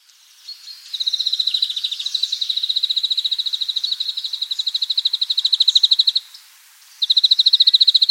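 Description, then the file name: European greenfinch calling in a long, steady, rapid trill that lasts about five seconds, then falls silent briefly before another fast trill begins. "Chloris chloris"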